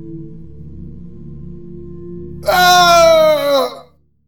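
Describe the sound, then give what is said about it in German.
A low, steady drone plays, then a sudden, loud, harsh scream cuts in for just over a second, its pitch sagging slightly before it breaks off. “Es war, als würde ich von diesem Schrei plötzlich und unsanft aus einem Traum gerissen.”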